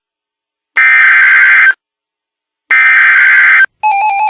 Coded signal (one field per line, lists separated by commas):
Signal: Emergency Alert System (SAME) tones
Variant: header bursts